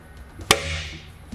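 A valance cover is hooked over a double roller shade, slid down onto the brackets and given a quick push. It snaps into place with one loud, sharp snap at 0.5 s, followed by a short ringing tail. The cover is seated on the shade brackets.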